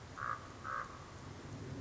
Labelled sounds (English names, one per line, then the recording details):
Common Raven
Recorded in Sonoma County, California